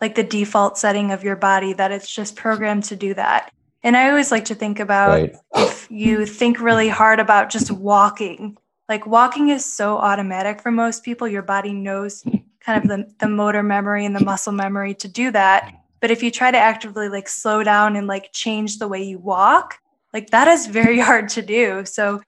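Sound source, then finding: Adult woman speaking. Normal speech.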